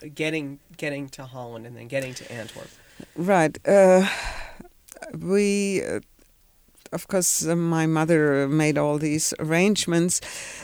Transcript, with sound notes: getting to Holland and then getting to Antwerp. (she sighs)
We, of course, my mother made all these arrangements.